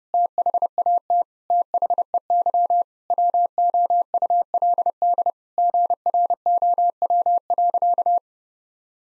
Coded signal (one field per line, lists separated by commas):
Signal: Morse code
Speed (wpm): 30 wpm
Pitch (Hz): 700 Hz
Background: none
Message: THAT THEY WOULD GROW.